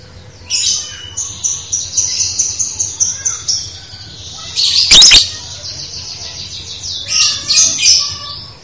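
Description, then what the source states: Songbird song with rapid trains of sharp, high notes, some rolled together, broken by scratchy buzzy phrases and a loud click; a steady low hum runs throughout. Masteran training audio for songbirds.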